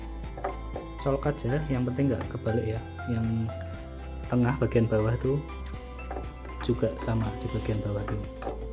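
A 3-pin XLR cable plug is being handled and lined up with its XLR socket while someone talks over background music. A few short handling taps are heard, but nothing has seated or clicked yet.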